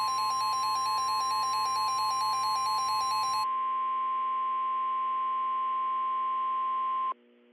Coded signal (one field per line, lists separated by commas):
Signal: Emergency Alert System (SAME) tones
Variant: 1050 Hz attention tone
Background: music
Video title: The Dark Storm (EAS Scenario)